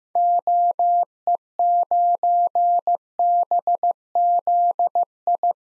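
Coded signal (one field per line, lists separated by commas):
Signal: Morse code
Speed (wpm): 15 wpm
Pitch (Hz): 700 Hz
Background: none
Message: OE9BZI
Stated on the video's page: Generated Morse at 15wpm of six-character DXCC call signs for head-copy practice, each sent, spoken, then sent again.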